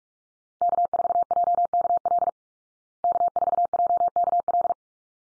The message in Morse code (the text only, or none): K4JKL K4JKL